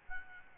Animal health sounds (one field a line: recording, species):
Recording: mosquito wingbeat signal from an infrared sensor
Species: Aedes albopictus